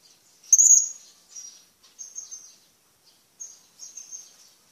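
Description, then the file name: Blue-crowned hanging parrot calls: a loud shrill squeak, then a string of softer high, thin chirps repeated irregularly. "suara burung serindit"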